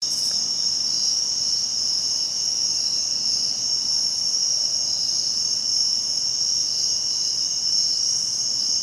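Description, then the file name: Cricket song, a steady unbroken high-pitched drone without pauses, with a fainter higher band and a soft hiss underneath. Recorded at Herring Run during a cricket crawl survey on 7 September 2016. "thomas wilson Herring Run Cricket Crawl 2016-0907"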